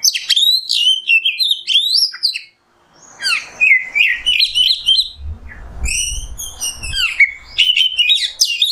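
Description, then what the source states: Oriental magpie-robin song of fast, sweet whistled notes and chatters, a brief silence, then another lively run of mixed phrases. Kacer masteran (tutor song for training songbirds) in the nembak song style.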